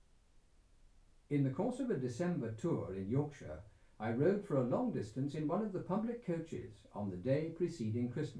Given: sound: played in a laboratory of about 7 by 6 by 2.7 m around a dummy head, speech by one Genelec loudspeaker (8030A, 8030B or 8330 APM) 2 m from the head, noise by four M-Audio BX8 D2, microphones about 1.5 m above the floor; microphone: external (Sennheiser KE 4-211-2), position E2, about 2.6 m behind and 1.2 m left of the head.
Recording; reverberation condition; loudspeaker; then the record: male speech in English; low; 120 degrees to the left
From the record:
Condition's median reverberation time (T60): about 310 ms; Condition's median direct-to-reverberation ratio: about 3.5 dB